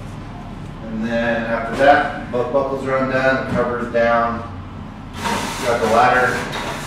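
Someone talks while folding down a Mt. Shasta Extended Pioneer Series rooftop tent and working its telescoping ladder, with faint handling sounds under the voice. The ladder section has not yet locked into the ladder, and nothing has clicked or seated by the end of the clip.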